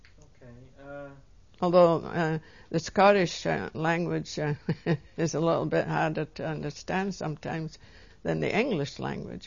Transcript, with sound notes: okay.
Although the Scottish language (she laughs) is a little bit harder to understand sometimes than the English language.